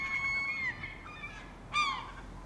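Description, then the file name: Gull gives a long, level mewing note that falls away at the end, then a sharp yelp follows. Urban setting. "Urban Seagulls"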